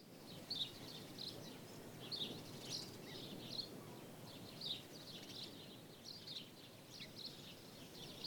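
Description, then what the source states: Birds keep up a busy, high chirping with short trilled phrases tumbling over one another, a faint low rumble running underneath. Birds in daytime ambience in Jerez, Spain.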